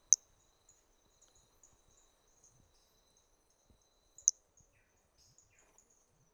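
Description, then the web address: Brachycephalus hermogenesi giving two loud, high, sharp notes about four seconds apart, with fainter high notes scattered between them. Individual 3 at Trilha do Ipiranga in 2021, held in the MHNCI collection; the first three notes of the call were lost. "2021 MHNCI Brachy hermogenesi Trilha do Ipiranga ind 3 three starting notes lost"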